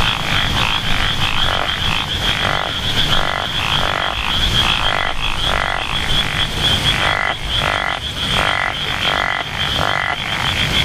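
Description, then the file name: Japanese wrinkled frog croaking steadily in grating bursts over eleven seconds, with low rumbling background and a continuous high whine. "tsuchigaeru"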